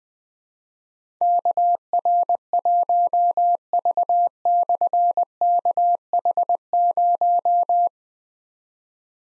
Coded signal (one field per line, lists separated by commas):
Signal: Morse code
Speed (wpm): 20 wpm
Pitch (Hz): 700 Hz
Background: none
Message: KR1V/KH0